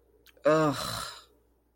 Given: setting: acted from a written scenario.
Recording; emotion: vocal sound without words; anger